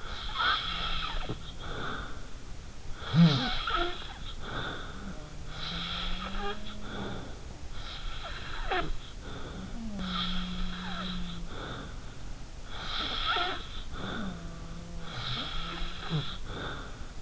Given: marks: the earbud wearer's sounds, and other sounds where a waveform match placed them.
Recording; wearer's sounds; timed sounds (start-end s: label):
sounds in sleep by an in-ear microphone; snoring breath
0.00-2.27 s: snoring breath
2.85-5.34 s: snoring breath
4.82-7.37 s: sound from someone else or the room
5.57-7.66 s: snoring breath
7.81-9.87 s: snoring breath
9.51-11.85 s: sound from someone else or the room
9.99-12.02 s: snoring breath
12.64-14.59 s: snoring breath
13.72-16.53 s: sound from someone else or the room
15.05-17.14 s: snoring breath